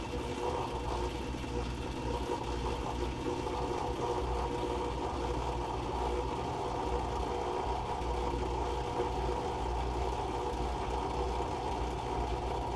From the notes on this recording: The sound of a loud, obnoxious dishwasher cycle.